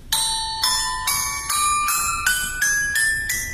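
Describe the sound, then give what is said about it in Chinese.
A nine-tone gong (jiuyinluo), a Chinese instrument made of ten small bronze gongs, demonstrated as part of Zhihua Temple Jing music. The gongs are struck one after another, about nine bright metallic strikes in a steady rhythm, each ringing briefly and climbing gradually in pitch like a short ascending scale. “这件乐器是九音锣，九音锣呢是隋唐时候出现的，宋元时候非常流行。哎，它是由这个10面小铜锣来组成。”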